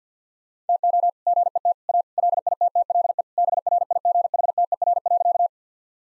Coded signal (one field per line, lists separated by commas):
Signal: Morse code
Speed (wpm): 48 wpm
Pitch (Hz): 700 Hz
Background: none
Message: TO GET A LITTLE BRIGHTER.